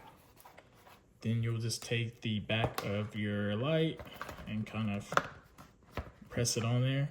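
Someone talks while handling the plastic back cover of an ambient LED light pod from an ambient light kit, about to press it onto the light body fitted in the door trim of an Infiniti G37 Coupe. Between the speech there are only faint handling ticks. Nothing has seated or clicked yet.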